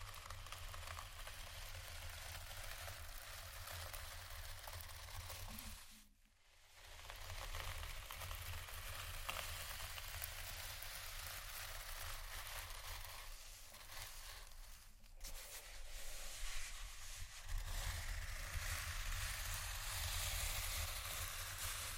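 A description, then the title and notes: Slow, deep, soft scratching runs as a dense, steady hiss with a low rumble, briefly dropping away near six seconds before continuing. Slow, Deep & Soft Scratching (No Talking).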